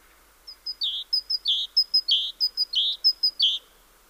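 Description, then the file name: Great tit song, a steady series of paired notes, thin and high then lower and richer, repeated five times in an even, bouncing rhythm. "Parus major"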